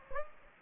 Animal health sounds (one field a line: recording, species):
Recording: mosquito wingbeat signal from an infrared sensor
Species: Aedes aegypti